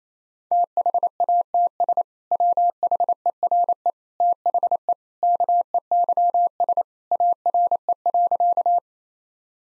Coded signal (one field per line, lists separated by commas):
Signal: Morse code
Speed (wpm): 28 wpm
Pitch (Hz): 700 Hz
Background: none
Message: THATS WHERE THE KEYS ARE.